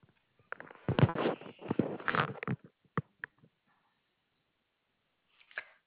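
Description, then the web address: Koala bellow: a run of rough, pulsed, snoring grunts lasting about two seconds, followed by a few sharp clicks and a short final grunt. Dated 4/10/2021. "Koala CS HMCrecordings 4 10 2021 by dgreenwood"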